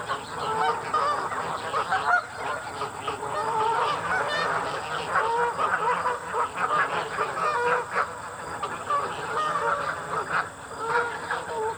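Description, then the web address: Goose: many geese calling at once, harsh nasal honks tumbling over each other without pause for the whole stretch, over a faint constant hiss. Geese being fed. "realamericanfolk-2007 Elements Feeding the Geese"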